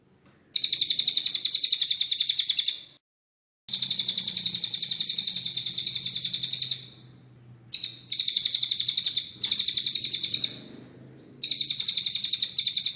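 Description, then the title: Cililin bird singing high, dry rapid trills, pulsing notes strung into runs of about one to three and a half seconds with short gaps between them. "Burung Cililin"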